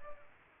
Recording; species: mosquito wingbeat signal from an infrared sensor; Aedes aegypti